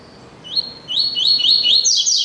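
Double-collared seedeater song: several high upslurred whistles in a steady series, ending in a denser, higher flourish.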